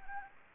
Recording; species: mosquito wingbeat signal from an infrared sensor; Anopheles gambiae